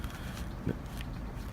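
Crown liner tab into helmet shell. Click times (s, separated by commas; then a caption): 0.0 s, 1.0 s. The plastic tabs of a reversible crown liner on an AGV Sportmodular motorcycle helmet are pushed back into the helmet shell after the liner is flipped to its cooler side. Two short, sharp snaps stand out over a steady low background rumble, at 0.0 and 1.0 seconds, with a duller thump around 0.7 seconds. The tabs seat into the shell.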